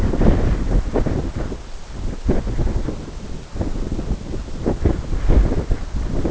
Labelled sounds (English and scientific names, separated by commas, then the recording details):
none
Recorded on Arctic tundra, site NAIT-1, on 21 June 2018
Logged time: 17:00